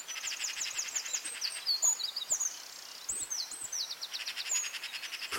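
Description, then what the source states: Birds at dawn: a fast buzzy rattle beneath sharp high chirps and down-slurred notes from several birds. Dawn chorus recorded at dawn in Anglesey, Wales.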